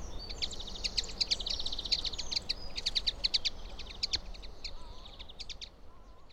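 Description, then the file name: Common linnet giving quick, chattering twitters of short repeated notes over a steady background hiss, fading toward the end. "kenderike hangja"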